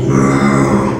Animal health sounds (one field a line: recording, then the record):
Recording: squeal of a Yucatan mini pig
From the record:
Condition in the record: before surgery on the right vocal fold (resection and tissue-engineered implant)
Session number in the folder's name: 2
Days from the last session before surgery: 0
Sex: male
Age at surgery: 12 weeks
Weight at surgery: 13 kg